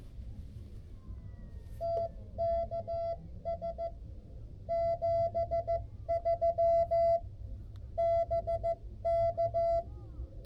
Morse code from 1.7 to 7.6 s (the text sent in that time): TKS 73